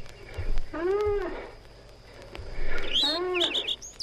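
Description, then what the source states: Black rhinoceros calf calls: two drawn-out, arched, harmonic mewing cries about two seconds apart, with small bird chirps in the background. Calf giving a location call while browsing in deep vegetation on acacia pods and other branch foliage.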